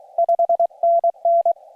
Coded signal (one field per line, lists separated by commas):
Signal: Morse code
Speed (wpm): 23 wpm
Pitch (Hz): 690 Hz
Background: none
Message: 5NN